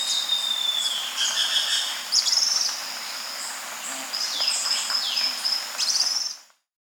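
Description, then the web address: Cinnamon-faced tyrannulet song: thin, high whistles and short buzzy bursts, one long level whistle gliding slightly lower, over a steady high insect hum. Recorded in South America. "Natures Songs S America Cinnamon-Faced Tyrannulet"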